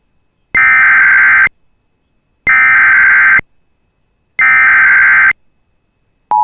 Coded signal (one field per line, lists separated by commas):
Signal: Emergency Alert System (SAME) tones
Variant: header bursts